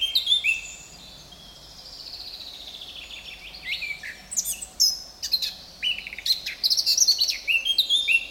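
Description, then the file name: Eurasian blackcap song with a thin, quiet descending warble that gives way to vigorous bursts of varied, clear whistled notes that keep going to the end. "Sylvia atricapilla"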